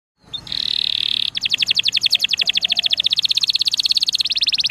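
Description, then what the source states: Canary song opening with a steady buzzy note, then a long fast rattling trill repeated evenly at high pitch. Canary song in the cengkok mewah (ornate) song style.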